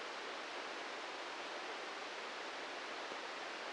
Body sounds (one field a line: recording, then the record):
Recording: brain microelectrode recording played as sound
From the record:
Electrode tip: inside the subthalamic nucleus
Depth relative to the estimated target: -2 mm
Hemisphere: right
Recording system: NeuroSet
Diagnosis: Parkinson's disease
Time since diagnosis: 13 years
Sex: male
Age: 63 years